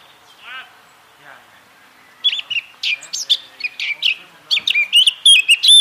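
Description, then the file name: Eurasian blackcap song: a few soft, faint notes, then a bright burst of rich fluty whistles and quick warbled phrases that grow louder toward the end. "Sylvia atricapilla"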